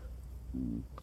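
A brief, low, humming gurgle lasts about a quarter of a second over a steady low room hum. This is ordinary stomach growling from an adult's abdomen: gas and fluid moving through an empty gut, here from hunger, and harmless.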